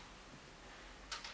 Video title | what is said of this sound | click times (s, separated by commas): Kitwana's Toys #154: 2022 Mattel Jurassic World Dominion Super Colossal T-Rex Unboxing & Review | simply align them and then screw the tail in place until it clicks | 1.1 s, 1.2 s